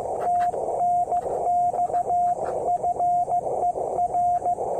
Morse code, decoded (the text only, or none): TNX FER